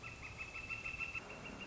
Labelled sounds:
Northern Flicker
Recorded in Sonoma County, California

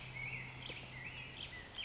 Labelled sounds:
Black-headed Grosbeak
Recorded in Sonoma County, California

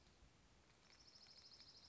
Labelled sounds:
Dark-eyed Junco
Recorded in Sonoma County, California

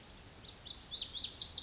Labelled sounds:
Lazuli Bunting
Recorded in Sonoma County, California

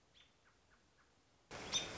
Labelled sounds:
American Robin
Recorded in Sonoma County, California

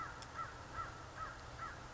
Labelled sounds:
American Crow
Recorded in Sonoma County, California

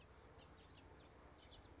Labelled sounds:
House Finch
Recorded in Sonoma County, California

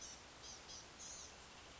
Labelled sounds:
Blue-gray Gnatcatcher
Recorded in Sonoma County, California

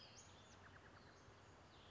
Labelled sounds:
Western Flycatcher
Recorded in Sonoma County, California

